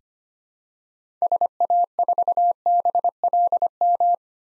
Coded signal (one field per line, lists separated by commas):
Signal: Morse code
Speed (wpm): 25 wpm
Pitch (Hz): 700 Hz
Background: none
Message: SA4BLM